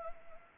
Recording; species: mosquito wingbeat signal from an infrared sensor; Anopheles arabiensis